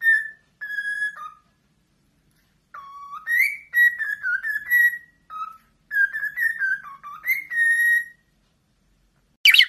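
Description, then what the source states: Cockatiel whistling a melodic tune of clear, held and sliding notes in short phrases with pauses, ending in a sharp harsh squawk. Several cockatiels singing, whistling.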